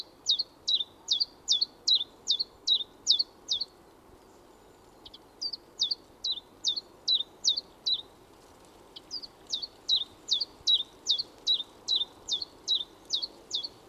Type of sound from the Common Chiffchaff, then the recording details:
song. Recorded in the wild. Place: Garmisch-Partenkirchen, Bayern, DE. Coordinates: 47.5203, 11.0819. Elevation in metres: 847. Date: 1972-04-01. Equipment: Nagra. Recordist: Tretzel, Erwin. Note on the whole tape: Gesang "zi-wä-wä" und "biztje-z"